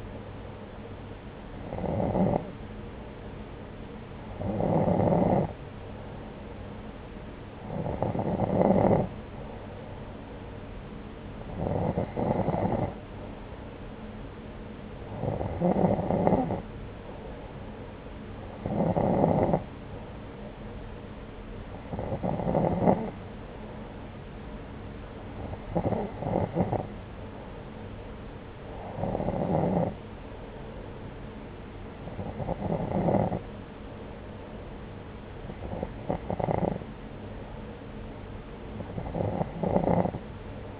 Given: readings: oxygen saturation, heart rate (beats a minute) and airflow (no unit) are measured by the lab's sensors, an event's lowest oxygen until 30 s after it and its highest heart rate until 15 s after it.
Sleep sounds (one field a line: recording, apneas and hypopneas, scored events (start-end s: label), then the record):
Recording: breathing in sleep by a voice recorder at the bedside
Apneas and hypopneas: none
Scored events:
none scored
From the record:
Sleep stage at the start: N2 (light sleep)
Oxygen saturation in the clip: 90 to 92%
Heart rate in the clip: 66 to 73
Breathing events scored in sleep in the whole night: 303 in 8.1 hours asleep